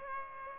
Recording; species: mosquito wingbeat signal from an infrared sensor; Aedes aegypti